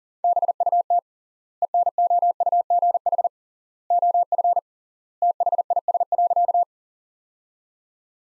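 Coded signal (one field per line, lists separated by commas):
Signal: Morse code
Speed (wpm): 40 wpm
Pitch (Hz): 700 Hz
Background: none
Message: BUT ENOUGH OF THIS.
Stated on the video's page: Morse practice sentences from the top 400 words at 40 wpm with 3x word spacing, a word-level variant of Farnsworth spacing.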